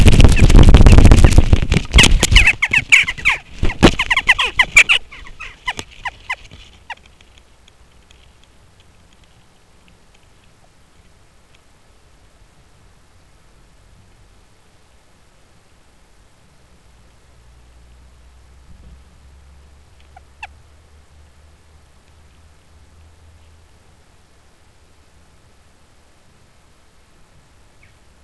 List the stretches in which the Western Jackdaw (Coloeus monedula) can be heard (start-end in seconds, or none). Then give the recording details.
0.35-0.43, 0.85-0.95, 1.22-1.30, 1.95-5.73, 6.02-6.37, 6.87-6.96, 20.14-20.49, 27.80-27.92. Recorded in Germany in the breeding season of 2015. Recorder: a small backpack on a wild male jackdaw